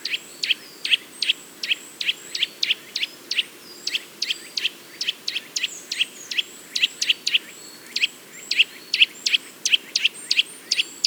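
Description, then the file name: Eurasian nuthatch giving a long, rapid series of sharp, high notes, with thin high whistles from other birds layered faintly behind. "Sitta europaea"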